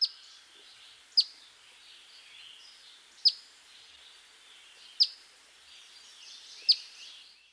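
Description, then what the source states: Eastern Phoebe giving flat, sharp single chip notes, one about every two seconds, against a soft hiss of background noise. Male; a series of flat call notes.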